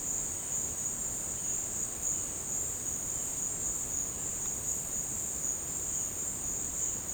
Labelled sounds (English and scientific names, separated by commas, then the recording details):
none
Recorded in secondary vegetation near Puerto Asís, Putumayo, Colombia, on 24 March 2025 at 14:30
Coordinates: 0.485, -76.322
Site G040